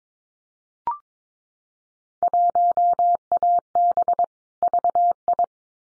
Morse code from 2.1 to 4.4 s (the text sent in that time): 1AB